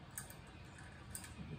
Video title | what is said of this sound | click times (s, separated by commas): saving "Emily" Ep.2: blade is striking deck, kill cable rusted out, fuel tank is full of water | okay that's popped into place | 0.2 s, 1.2 s